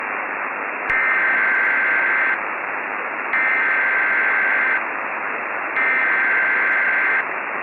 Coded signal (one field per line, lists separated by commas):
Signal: Emergency Alert System (SAME) tones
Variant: header bursts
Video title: (PREVIEW) EAS Scenario: 2050